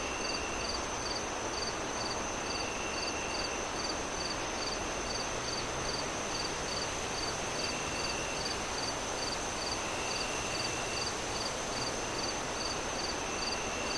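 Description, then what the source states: Crickets chirp in a rapid, regular stream of short high pulses over a continuous roar of gusting wind. Crickets chirping on a windy night as the moon rises, with wind howling through the trees.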